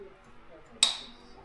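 A wiring harness plug is pushed into the transmission actuator socket on a Can-Am Maverick R while its locking lever is moved. Against a quiet background, a single sharp, bright snap at 0.8 s rings briefly in the high frequencies and fades within about a third of a second. The connector snaps home and is seated.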